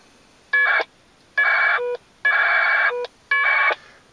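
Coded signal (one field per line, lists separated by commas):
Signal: packet radio (AX.25, as in APRS)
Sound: four short harsh warbling data bursts, each under a second, separated by brief quiet gaps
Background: faint room hiss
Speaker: we'll hit start and get those two radios linked up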